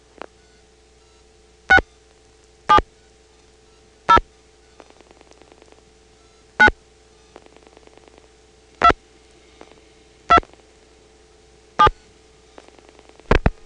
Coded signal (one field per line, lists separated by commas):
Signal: DTMF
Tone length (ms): 80 ms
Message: 6 7 0 9 2 2 7